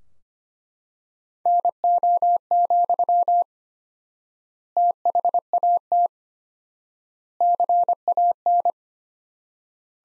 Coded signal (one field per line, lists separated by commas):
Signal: Morse code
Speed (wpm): 25 wpm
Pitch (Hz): 700 Hz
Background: none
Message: NO, THAT CAN